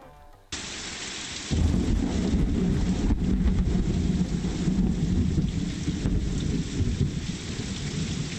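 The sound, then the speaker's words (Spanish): A thunderstorm: steady hissing rain begins abruptly, then a deep rumble of thunder rolls in and continues loudly beneath the downpour, swelling and fading in waves with no voices. “Una tormenta, había dicho Dante. Es una tormenta.”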